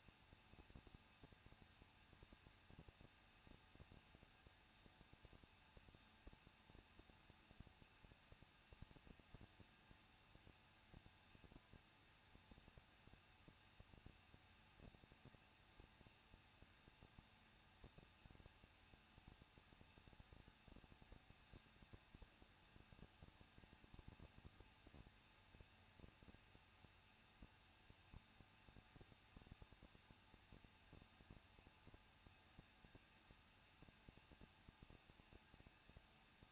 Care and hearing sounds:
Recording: daily activity, microphone in the room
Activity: no activity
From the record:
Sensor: 2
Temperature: 21.0 degrees Celsius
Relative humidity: 37.3%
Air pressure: 1006.2 hPa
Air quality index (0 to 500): 221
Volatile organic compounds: 23 ppm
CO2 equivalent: 2792 ppm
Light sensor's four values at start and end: 2/3/2/2 and 2/3/2/2

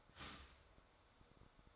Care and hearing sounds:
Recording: daily activity, microphone in the room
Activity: start toaster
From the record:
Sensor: 3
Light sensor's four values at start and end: 4/11/4/4 and 4/11/4/4

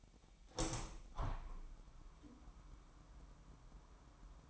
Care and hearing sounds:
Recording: daily activity, microphone in the room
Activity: open window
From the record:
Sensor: 1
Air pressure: 998.7 hPa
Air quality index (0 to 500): 120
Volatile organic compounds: 3 ppm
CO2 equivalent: 1431 ppm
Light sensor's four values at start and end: 7/17/7/8 and 8/18/7/9

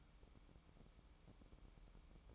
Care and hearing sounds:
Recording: daily activity, microphone in the room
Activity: take from stove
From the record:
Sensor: 1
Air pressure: 1008.1 hPa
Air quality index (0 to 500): 134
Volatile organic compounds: 2 ppm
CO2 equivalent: 1130 ppm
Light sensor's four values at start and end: 8/19/7/8 and 8/19/7/8

